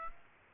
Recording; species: mosquito wingbeat signal from an infrared sensor; Aedes aegypti